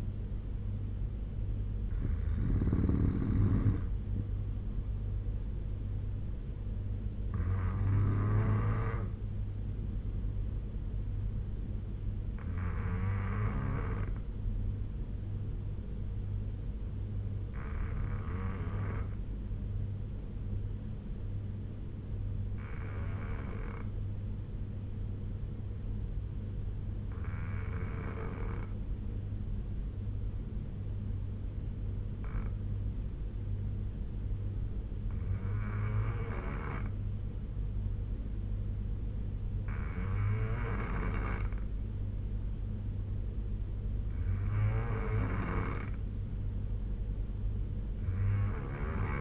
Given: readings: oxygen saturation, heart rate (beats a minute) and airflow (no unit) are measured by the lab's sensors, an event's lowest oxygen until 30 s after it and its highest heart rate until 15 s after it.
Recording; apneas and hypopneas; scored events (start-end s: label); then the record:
breathing in sleep by a smartphone at the bedside; 1
10.00-40.00 s: new sleep stage, N3 (deep sleep)
20.00-39.60 s: obstructive apnea (N3, oxygen 96% highest, then 87% lowest, heart rate 72 at the start, 76 highest)
40.00-49.21 s: new sleep stage, N2 (light sleep)
From the record:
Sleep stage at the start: N2 (light sleep); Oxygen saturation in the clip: 84 to 96%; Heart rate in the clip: 70 to 76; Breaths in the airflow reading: 5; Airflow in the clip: -3.5 to 3.2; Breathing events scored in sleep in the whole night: 201 in 6.5 hours asleep